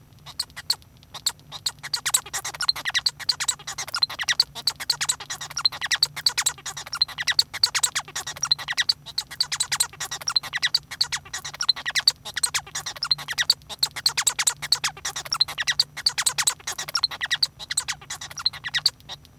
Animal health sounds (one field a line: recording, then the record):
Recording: song of a male Bengalese finch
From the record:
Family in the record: son of father 1